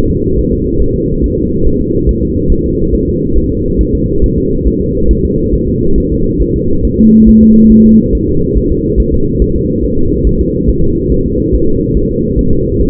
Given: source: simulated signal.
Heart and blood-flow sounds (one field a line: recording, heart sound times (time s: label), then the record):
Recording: fetal heart sounds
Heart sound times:
0.11 s: S2
0.39 s: S1
0.53 s: S2
0.82 s: S1
0.96 s: S2
1.24 s: S1
1.38 s: S2
1.67 s: S1
1.81 s: S2
2.09 s: S1
2.23 s: S2
2.52 s: S1
2.66 s: S2
2.95 s: S1
3.09 s: S2
3.38 s: S1
3.52 s: S2
3.81 s: S1
3.95 s: S2
4.24 s: S1
4.38 s: S2
4.67 s: S1
4.81 s: S2
5.11 s: S1
5.25 s: S2
5.54 s: S1
5.69 s: S2
5.98 s: S1
6.12 s: S2
6.42 s: S1
6.56 s: S2
6.85 s: S1
6.99 s: S2
7.29 s: S1
7.43 s: S2
7.72 s: S1
7.86 s: S2
8.15 s: S1
8.29 s: S2
8.57 s: S1
8.72 s: S2
9.00 s: S1
9.14 s: S2
9.42 s: S1
9.56 s: S2
9.84 s: S1
9.99 s: S2
10.27 s: S1
10.41 s: S2
10.69 s: S1
10.84 s: S2
11.12 s: S1
11.26 s: S2
11.54 s: S1
11.69 s: S2
11.97 s: S1
12.11 s: S2
12.39 s: S1
12.53 s: S2
12.81 s: S1
From the record:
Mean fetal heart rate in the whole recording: 140 bpm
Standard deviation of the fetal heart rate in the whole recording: 2 bpm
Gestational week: 34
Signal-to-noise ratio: -16.4 dB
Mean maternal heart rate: 72 bpm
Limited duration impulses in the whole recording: present